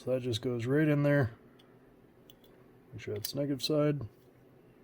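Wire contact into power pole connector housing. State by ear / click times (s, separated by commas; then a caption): seated / 2.3 s. A crimped wire contact with hooked blades is pushed into a plastic Anderson-style power pole connector housing, which is marked negative and positive, while someone talks. In the quiet gap between speech, a sharp snap at 2.3 s marks the contact seating in the housing, with fainter ticks around it.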